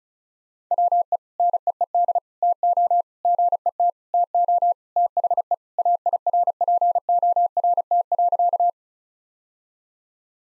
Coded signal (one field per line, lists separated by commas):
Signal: Morse code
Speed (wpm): 36 wpm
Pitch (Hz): 700 Hz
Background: none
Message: WE NEED TO GET TO THE AIRPORT.